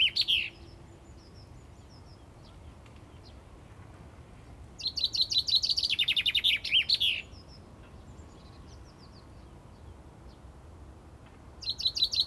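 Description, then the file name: Common chaffinch repeating its song: a phrase ends at the start, a full descending rattle of crisp notes with a terminal flourish follows, and another phrase begins at the end. "Fringilla coelebs"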